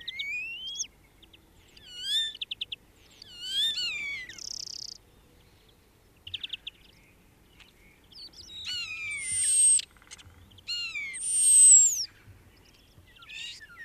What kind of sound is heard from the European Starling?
song